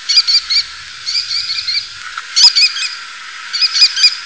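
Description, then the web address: Kestrel calls: bursts of shrill, rapid repeated notes like kli-kli-kli, several notes per burst, coming roughly every second or so. "roptorlady Kestrel"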